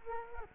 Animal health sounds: mosquito wingbeat signal from an infrared sensor; Culex quinquefasciatus

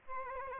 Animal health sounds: mosquito wingbeat signal from an infrared sensor; Aedes albopictus

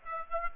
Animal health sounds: mosquito wingbeat signal from an infrared sensor; Aedes aegypti

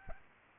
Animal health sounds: mosquito wingbeat signal from an infrared sensor; Aedes albopictus

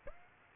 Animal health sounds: mosquito wingbeat signal from an infrared sensor; Aedes aegypti

